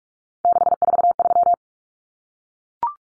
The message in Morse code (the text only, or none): 643